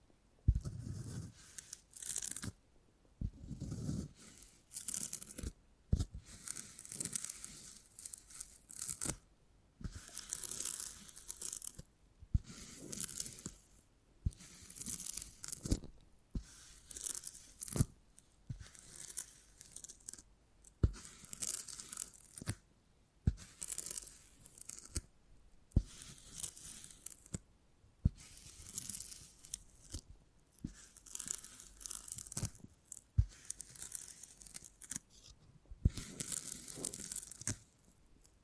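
Beeswax being handled in bursts of crisp, crinkly tearing and crunching sounds, each lasting a second or two with brief pauses between. The bursts are bright and papery, recurring steadily about every two seconds, with occasional sharp clicks and a few low thumps near the start.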